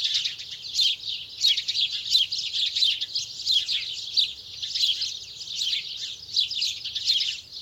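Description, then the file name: House sparrows giving a steady stream of bright, overlapping chirps, several birds calling at once with rhythmic surges throughout. "Passer domesticus"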